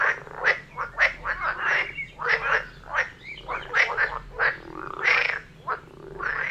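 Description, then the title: Croaking frogs, many short clacking and rasping notes tumbling over one another in an uneven, lively chorus with no pause. Frog chorus recorded near Vellerner Brook in Neubeckum at 2pm; binaural recording meant for headphones. "Frog concert near Vellerner Brook in Neubeckum - 2pm - binaural version"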